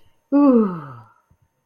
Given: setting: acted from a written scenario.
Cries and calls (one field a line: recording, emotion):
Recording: vocal sound without words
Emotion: contentment